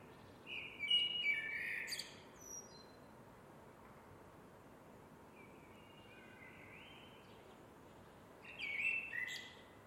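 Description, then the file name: Eurasian blackbird song: mellow fluted phrases, the first and last ending in thin high twitters, with a softer phrase midway, separated by quiet pauses. "MERLES"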